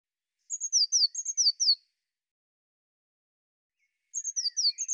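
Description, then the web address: Bird calling in fast bursts of sharp, high descending chirps in paired notes; a second burst follows after a long quiet gap, with a faint lower note at the end. "birddata Deverinetal 2025 Bird Cy Ca"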